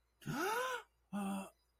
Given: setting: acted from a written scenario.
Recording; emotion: vocal sound without words; realization